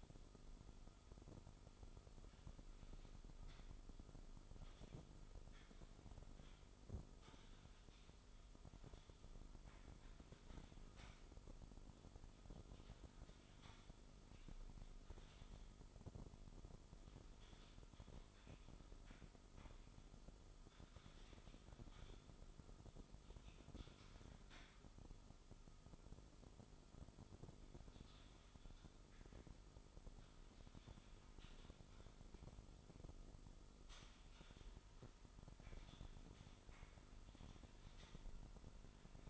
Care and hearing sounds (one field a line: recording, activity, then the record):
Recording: daily activity, microphone in the room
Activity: typing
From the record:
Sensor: 5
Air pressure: 988.8 hPa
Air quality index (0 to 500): 235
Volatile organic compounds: 193 ppm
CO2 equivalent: 4189 ppm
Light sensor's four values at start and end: 39/124/48/51 and 39/124/48/51